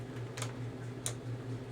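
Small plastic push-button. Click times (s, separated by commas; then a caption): 1.1 s. A side release button on the front face-protection assembly mount of an airsoft helmet is pushed down and in until it clicks into place at 1.1 s, a task made hard by the washer fitted on it. A softer tick comes just before, around 0.4 s, over a steady low hum. The button seats.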